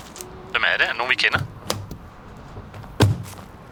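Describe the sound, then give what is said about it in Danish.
A car drives up and stops at Folkehaven: a brief high squeal like brakes, then a couple of dull thunks, and one more solid thud a moment later, like a car door shutting. “Nej, det er en, der kommer og kører en der bil.”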